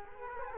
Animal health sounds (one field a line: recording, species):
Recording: mosquito wingbeat signal from an infrared sensor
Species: Culex quinquefasciatus